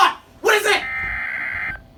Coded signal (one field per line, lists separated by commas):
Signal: Emergency Alert System (SAME) tones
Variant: header bursts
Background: speech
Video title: EAS 58 SVR